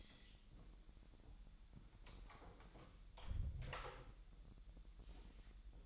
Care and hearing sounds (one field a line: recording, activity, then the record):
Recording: daily activity, microphone in the room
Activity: close door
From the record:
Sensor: 3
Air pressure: 1001.1 hPa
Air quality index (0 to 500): 249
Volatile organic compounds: 177 ppm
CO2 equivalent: 4134 ppm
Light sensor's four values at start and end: 12/29/12/12 and 12/29/12/12